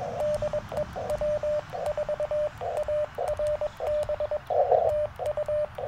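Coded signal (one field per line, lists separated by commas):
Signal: Morse code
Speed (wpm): 21 wpm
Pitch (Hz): 600 Hz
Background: radio noise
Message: DE W4ARB E TU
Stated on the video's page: CW Parks on the Air activation at Tuskegee National Forest with a Yaesu FT-817ND, later a Yaesu FT-891 for more power, in rough band conditions.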